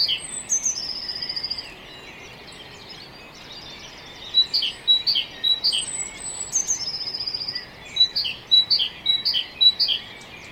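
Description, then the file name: Great tit repeating crisp two-part notes in quick runs, high then lower, in three bouts with brief pauses and thin high whistles. "Parus major"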